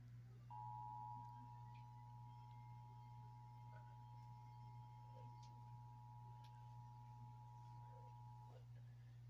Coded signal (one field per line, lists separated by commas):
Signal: Emergency Alert System (SAME) tones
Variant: 853 and 960 Hz attention tone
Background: speech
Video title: EAS #5 Evacuation Watch